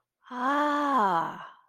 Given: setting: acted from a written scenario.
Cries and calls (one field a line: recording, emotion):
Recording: vocal sound without words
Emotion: realization